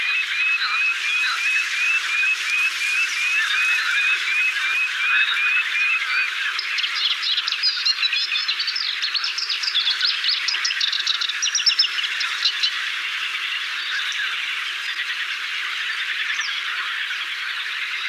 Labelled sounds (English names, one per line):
Moustached Warbler song